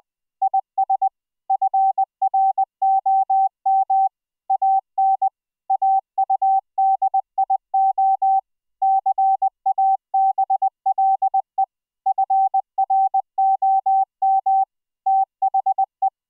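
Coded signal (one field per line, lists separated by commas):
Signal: Morse code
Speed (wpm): 20 wpm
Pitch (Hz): 770 Hz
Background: none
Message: IS FROM AN AUDIO CABLE FROM THE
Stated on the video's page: Morse sent as MIDI over IP between laptop and Raspberry Pi, rendered as audio by a GStreamer FluidSynth decoder using a custom CW soundfont.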